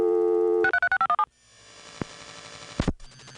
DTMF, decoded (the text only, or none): 636517